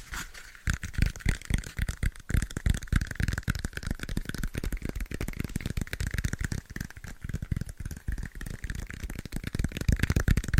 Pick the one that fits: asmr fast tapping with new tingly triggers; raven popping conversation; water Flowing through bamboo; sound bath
asmr fast tapping with new tingly triggers